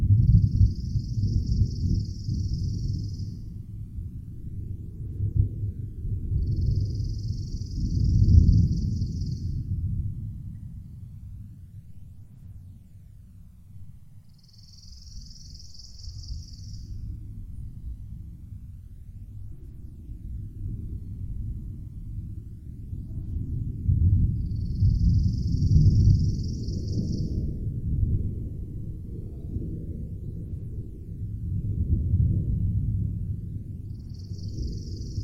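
Distant summer thunder rolls low and deep, swelling around 8 seconds and again near 25 and 32 seconds, easing off in between. High, thin, buzzing calls repeat every five to eight seconds above the rumble, each lasting a couple of seconds.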